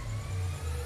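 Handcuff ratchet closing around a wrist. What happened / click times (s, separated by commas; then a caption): Handled, not yet home: no latching click before the cuffs close / none. Metal handcuffs are being closed around two people's wrists, with a low, steady rumble filling the clip and no distinct clicks. The clip ends just before the cuffs lock, so nothing has ratcheted shut or seated yet.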